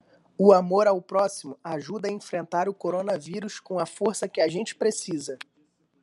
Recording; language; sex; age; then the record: spoken sentence; Brazilian Portuguese; male; 20 to 29 years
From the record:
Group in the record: control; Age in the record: 25 years